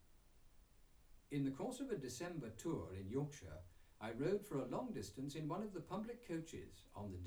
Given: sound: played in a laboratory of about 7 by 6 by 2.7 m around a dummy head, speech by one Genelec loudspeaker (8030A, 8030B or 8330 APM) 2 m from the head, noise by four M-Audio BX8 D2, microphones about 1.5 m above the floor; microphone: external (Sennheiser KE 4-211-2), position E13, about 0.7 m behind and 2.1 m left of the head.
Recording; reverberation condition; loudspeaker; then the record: male speech in English; low; 30 degrees to the right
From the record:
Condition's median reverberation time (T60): about 310 ms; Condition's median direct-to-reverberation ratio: about 3.5 dB